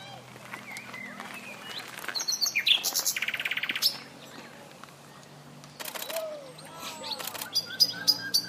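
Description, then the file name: Common nightingale song: varied phrases with a fast, rattling run of repeated notes, sharp high notes and pauses, against a noisy background. "Luscinia megarhynchos"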